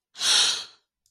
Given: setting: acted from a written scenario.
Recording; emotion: vocal sound without words; elation